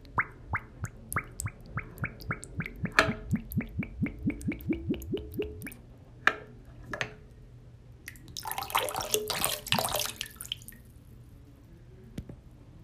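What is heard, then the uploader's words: Water sounds: a quick, regular run of bright drips and plops for six seconds, then scattered drops and a brief splashy pour near nine seconds. ASMR Water. No talking.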